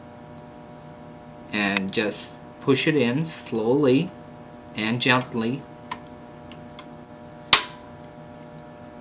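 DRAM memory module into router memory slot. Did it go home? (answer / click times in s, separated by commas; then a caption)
yes / 7.5 s. A DRAM memory module is inserted at an angle into the memory slot of a Cisco 1841 Integrated Services Router and pushed in slowly until its retaining clips engage, while someone talks. A few faint ticks follow, then one sharp, loud click at 7.5 s as the module seats properly.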